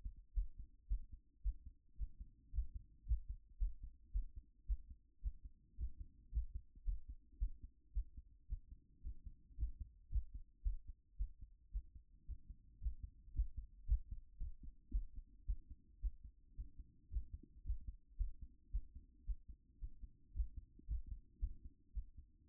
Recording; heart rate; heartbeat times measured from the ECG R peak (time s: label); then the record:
heart sounds by stethoscope; 111 bpm
0.34 s: heartbeat
0.88 s: heartbeat
1.42 s: heartbeat
1.97 s: heartbeat
2.52 s: heartbeat
3.05 s: heartbeat
3.58 s: heartbeat
4.12 s: heartbeat
4.66 s: heartbeat
5.21 s: heartbeat
5.76 s: heartbeat
6.31 s: heartbeat
6.84 s: heartbeat
7.38 s: heartbeat
7.93 s: heartbeat
8.47 s: heartbeat
9.02 s: heartbeat
9.56 s: heartbeat
10.09 s: heartbeat
10.63 s: heartbeat
11.17 s: heartbeat
11.71 s: heartbeat
12.26 s: heartbeat
12.79 s: heartbeat
13.33 s: heartbeat
13.86 s: heartbeat
14.38 s: heartbeat
14.91 s: heartbeat
15.45 s: heartbeat
16.00 s: heartbeat
16.55 s: heartbeat
17.10 s: heartbeat
17.63 s: heartbeat
18.17 s: heartbeat
18.71 s: heartbeat
19.25 s: heartbeat
19.79 s: heartbeat
20.33 s: heartbeat
20.86 s: heartbeat
21.39 s: heartbeat
21.93 s: heartbeat
22.47 s: heartbeat
From the record:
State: after exercise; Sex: female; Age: 31 years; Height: 169 cm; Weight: 67 kg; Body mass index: 23.46